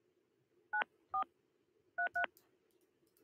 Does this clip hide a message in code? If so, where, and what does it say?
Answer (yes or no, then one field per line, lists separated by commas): yes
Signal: DTMF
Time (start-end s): 0.7-2.2 s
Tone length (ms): 100 ms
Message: 94 33